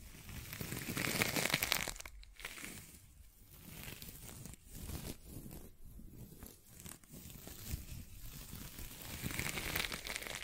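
Dry scratching and tracing fill the recording: irregular, papery rasps that swell and fade, densest in the first two seconds and again near the end. Brief pauses break the texture around two, five and seven seconds, and a low rumbling bed runs underneath throughout.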